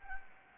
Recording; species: mosquito wingbeat signal from an infrared sensor; Anopheles arabiensis